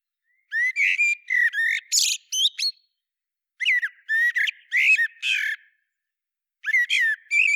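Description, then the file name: Common blackbird with three phrases of squeaky, slurred whistles and rasping chatter, separated by short gaps. "Turdus merula"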